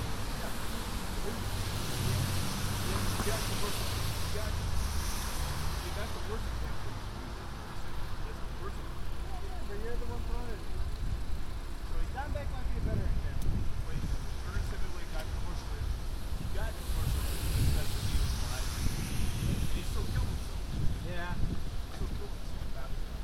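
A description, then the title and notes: Binaural walk along Broadway on a rainy night, with constant low wind rumble and a steady hiss of rain and traffic. Voices murmur through much of it, denser after the midpoint, while passing cars swell around 2–5 and 17–19 seconds. A binaural field recording, walking up Broadway to the store and back. It was a rainy night, I had an umbrella, but there still is some wind noise in this recording.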